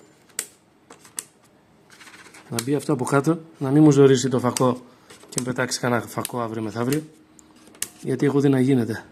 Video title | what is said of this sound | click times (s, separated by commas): ΕΠΙΣΚΕΥΉ ΟΠΊΣΘΙΟΥ ΦΩΤΙΣΜΟΎ ΣΕ LG TV | Θα ακούσετε ένα κλικ. Να το. | 0.4 s